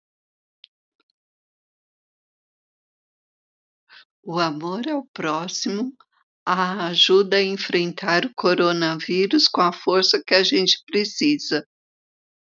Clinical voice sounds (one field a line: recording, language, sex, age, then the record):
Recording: spoken sentence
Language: Brazilian Portuguese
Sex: female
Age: 50 to 59 years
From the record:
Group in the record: control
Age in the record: 56 years